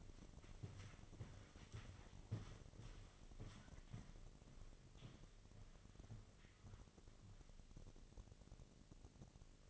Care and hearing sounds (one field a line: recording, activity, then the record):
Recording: daily activity, microphone in the room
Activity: walk to room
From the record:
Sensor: 4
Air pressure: 1000.3 hPa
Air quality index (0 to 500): 210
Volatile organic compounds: 21 ppm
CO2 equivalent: 2710 ppm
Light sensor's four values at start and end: 9/20/8/8 and 9/21/8/8